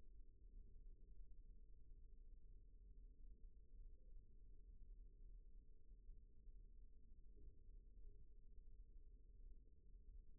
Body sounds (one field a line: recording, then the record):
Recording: forearm muscle sounds (acoustic myography)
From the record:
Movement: rest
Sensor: system 1, eight BSWA MPA416 microphones around the upper forearm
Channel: 8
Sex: female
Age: 21 years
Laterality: right